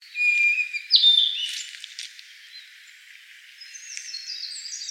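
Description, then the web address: Blue-and-white flycatcher song opening with a clear whistled note, then a higher slurred whistle and a brief jumbled phrase, fading into quiet background hiss. Recorded 26 May 2013. "birdenaga ooruri"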